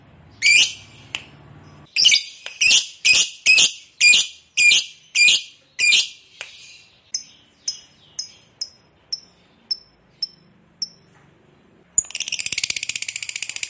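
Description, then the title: Lovebird shrill chirps in a fast series, about two per second, gradually fading and thinning, then a sudden burst of dense, rapid buzzy chattering at the end. Fighter-type lovebird singing energetically, a style called gacor. "Berkat SUARA Lovebird FIGHTER GACOR Ini"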